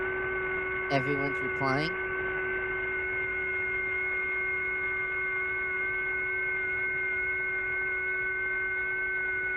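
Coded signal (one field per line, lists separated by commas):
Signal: FT8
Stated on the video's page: FT8 run through a remote station controlled with RC Forb.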